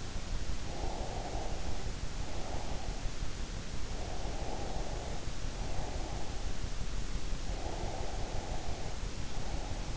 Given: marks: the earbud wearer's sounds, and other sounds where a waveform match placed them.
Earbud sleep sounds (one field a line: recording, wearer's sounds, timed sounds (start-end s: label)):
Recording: sounds in sleep by an in-ear microphone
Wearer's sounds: breath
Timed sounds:
0.86-3.06 s: breath
4.10-6.34 s: breath
7.64-9.97 s: breath